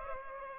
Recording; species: mosquito wingbeat signal from an infrared sensor; Culex pipiens